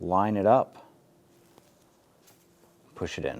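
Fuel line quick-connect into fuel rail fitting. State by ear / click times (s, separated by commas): not seated / none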